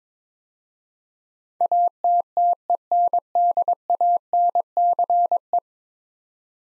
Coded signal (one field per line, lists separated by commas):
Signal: Morse code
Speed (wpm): 22 wpm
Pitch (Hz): 700 Hz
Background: none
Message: ATTENDANCE